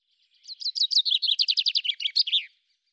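Common chaffinch song, a single bright phrase of rapid repeated notes that gradually descends, ending in a quick flourish, lasting about two seconds.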